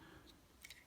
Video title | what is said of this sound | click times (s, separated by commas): Transformers Legacy Leader Class Laser Optimus Prime Review | like so so kind of move this around and it'll kind of naturally click into place | 0.6 s, 0.7 s